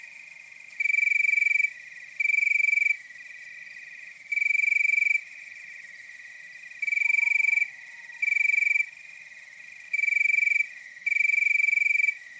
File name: Nocturnal Wasteland Sounds 2 Toads, Nighthawks and Crickets